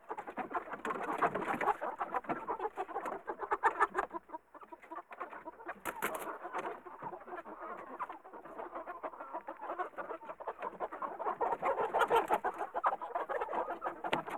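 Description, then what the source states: Chicken flock clucking and cackling in a thick, restless chorus, rapid irregular clucks overlapping, with a brief lull midway before the noise builds again. Busy chicken coop ambience.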